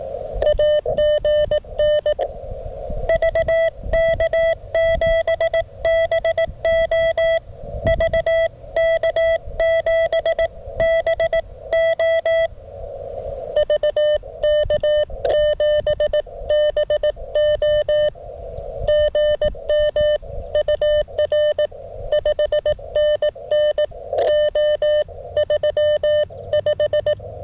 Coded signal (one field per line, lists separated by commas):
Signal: Morse code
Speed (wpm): 18 wpm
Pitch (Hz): 620 Hz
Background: none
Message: AGN VK7BO VK7BO VK7BO GM UR 5NN O35